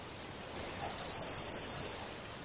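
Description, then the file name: Eurasian blue tit call: a thin, very high note sliding down, then a fast dry trill of about a dozen short clipped notes, against quiet background hiss. "Cyanistes caeruleus"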